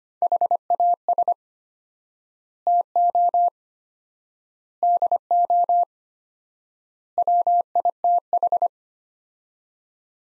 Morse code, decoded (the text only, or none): HAS TO DO WITH